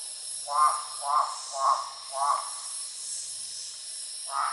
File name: mixophyes fasciolatus